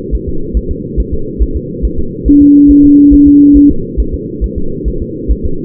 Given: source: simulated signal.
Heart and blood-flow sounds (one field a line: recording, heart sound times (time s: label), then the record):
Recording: fetal heart sounds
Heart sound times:
0.15 s: S1
0.29 s: S2
0.57 s: S1
0.71 s: S2
1.00 s: S1
1.14 s: S2
1.42 s: S1
1.56 s: S2
1.85 s: S1
1.99 s: S2
2.28 s: S1
2.42 s: S2
2.71 s: S1
2.85 s: S2
3.14 s: S1
3.28 s: S2
3.57 s: S1
3.71 s: S2
4.00 s: S1
4.14 s: S2
4.44 s: S1
4.58 s: S2
4.88 s: S1
5.02 s: S2
5.31 s: S1
5.45 s: S2
From the record:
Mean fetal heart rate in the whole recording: 140 bpm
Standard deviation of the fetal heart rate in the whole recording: 2 bpm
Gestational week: 34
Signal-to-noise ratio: -8.1 dB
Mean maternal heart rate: 72 bpm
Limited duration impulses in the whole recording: present